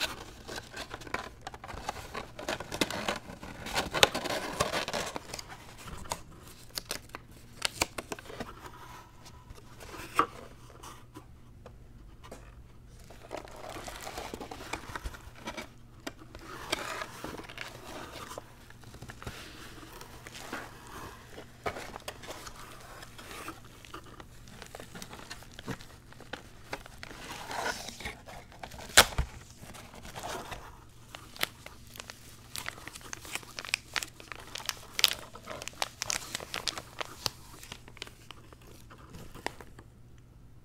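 Unboxing a zen garden: packaging crinkles and rustles almost constantly for the whole stretch, in quick dense bursts with sharp clicks and snaps, the busiest moments near 4 and 29 seconds. A steady low hum sits underneath throughout.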